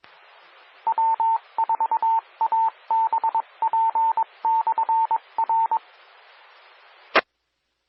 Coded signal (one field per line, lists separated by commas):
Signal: Morse code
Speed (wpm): 22 wpm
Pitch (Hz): 900 Hz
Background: radio noise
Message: W4ABP/R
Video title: 2021-08-17 - Northeast Georgia Amateur Radio Repeaters